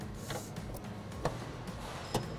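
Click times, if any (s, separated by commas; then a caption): 1.3 s. A torque wrench set to about 50 Nm tightens a brass flare nut on copper refrigerant pipe at the AC unit's service valve, and it gives a sharp click at 1.3 s. A fainter tick comes at 0.8 s and another sharp tick at 2.2 s over a steady low background. The nut is confirmed tightened to its setting.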